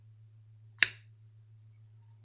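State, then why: Seated. A slip joint pocket knife's blade is opened fully until the backspring snaps it into its open position, which is what keeps the knife open. A single sharp, bright snap at 0.8 s cuts through a steady low hum, then decays within about a quarter second. The blade is seated open.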